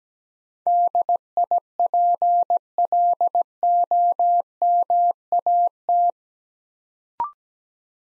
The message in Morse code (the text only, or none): DIPLOMAT